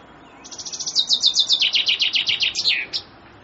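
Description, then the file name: Common chaffinch giving one full song: a fast series of sharp trilled notes that step down in pitch and finish with an emphatic flourish, over a soft background hiss. "fringuello"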